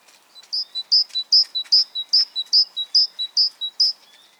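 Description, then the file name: Great tit song, a repeated two-note phrase, a sharp high note and a lower one, about nine times in a regular rhythm. "Parus major"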